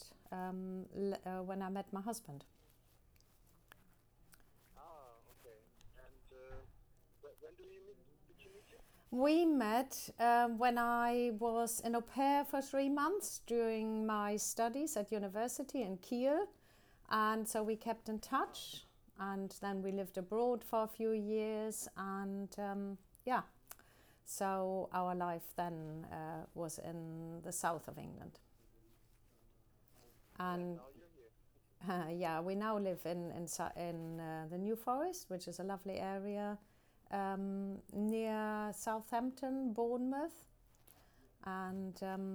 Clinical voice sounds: conversation on a phone call; English; 0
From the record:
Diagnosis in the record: healthy control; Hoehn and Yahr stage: 0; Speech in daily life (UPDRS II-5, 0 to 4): 0

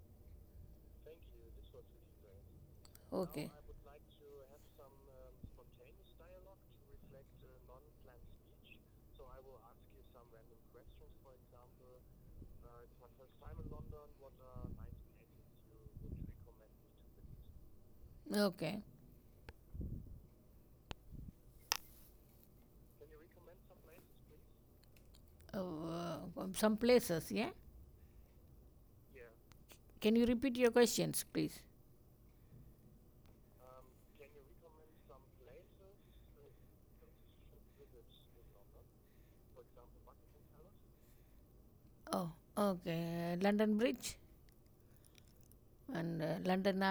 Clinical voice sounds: conversation on a phone call; English; 0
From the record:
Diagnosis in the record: healthy control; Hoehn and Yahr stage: 0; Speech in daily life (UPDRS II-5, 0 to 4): 0

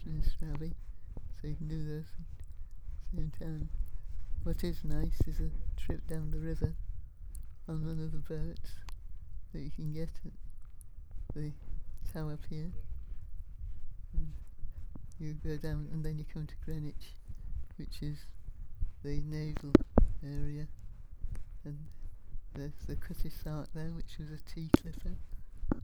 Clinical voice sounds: conversation on a phone call; English; 2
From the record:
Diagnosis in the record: Parkinson's disease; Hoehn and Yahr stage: 3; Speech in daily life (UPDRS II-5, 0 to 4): 2

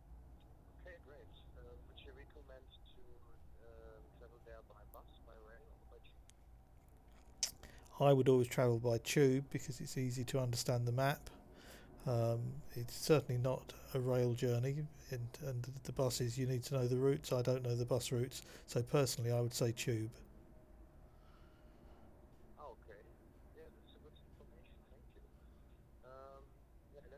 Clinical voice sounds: conversation on a phone call; English; 0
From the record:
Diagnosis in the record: Parkinson's disease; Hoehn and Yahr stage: 2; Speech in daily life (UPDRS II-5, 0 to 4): 0

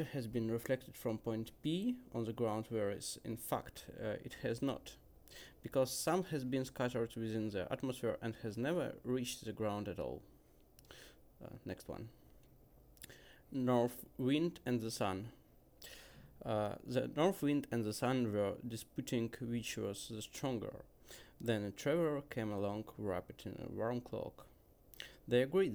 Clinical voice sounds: text read into a phone; English; 0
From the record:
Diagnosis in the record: healthy control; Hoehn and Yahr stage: 0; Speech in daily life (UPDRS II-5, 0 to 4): 0

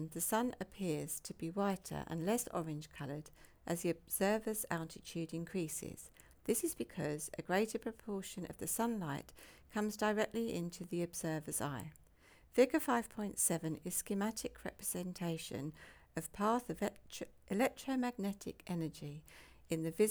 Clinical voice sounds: text read into a phone; English; 0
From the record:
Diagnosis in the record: healthy control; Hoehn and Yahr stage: 0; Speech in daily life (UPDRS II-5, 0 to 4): 0

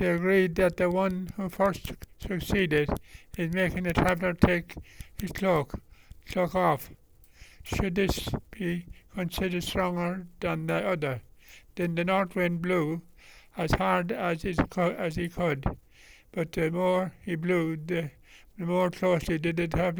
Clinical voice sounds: text read into a phone; English; 1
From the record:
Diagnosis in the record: Parkinson's disease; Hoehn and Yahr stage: 3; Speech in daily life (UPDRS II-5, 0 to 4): 1

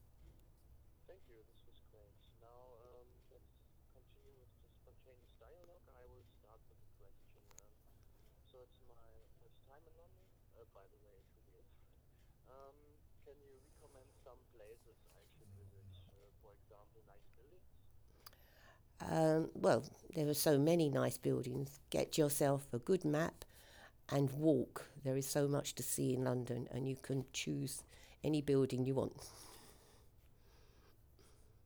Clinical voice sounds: conversation on a phone call; English; 0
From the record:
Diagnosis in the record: healthy control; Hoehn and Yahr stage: 0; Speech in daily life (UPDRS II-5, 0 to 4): 0

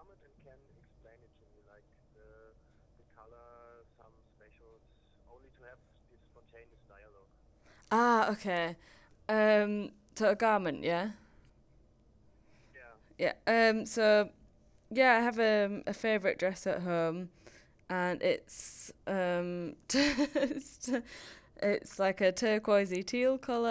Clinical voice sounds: conversation on a phone call; English; 0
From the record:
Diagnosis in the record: healthy control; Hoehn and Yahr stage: 0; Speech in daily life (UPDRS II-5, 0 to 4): 0

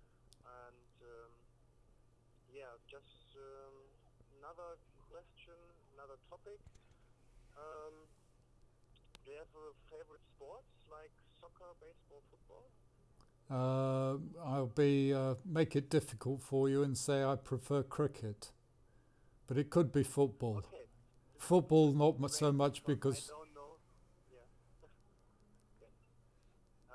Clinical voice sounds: conversation on a phone call; English; 0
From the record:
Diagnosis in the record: Parkinson's disease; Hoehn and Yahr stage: 2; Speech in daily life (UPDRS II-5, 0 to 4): 0

